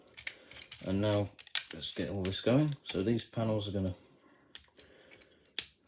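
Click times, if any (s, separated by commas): 5.6 s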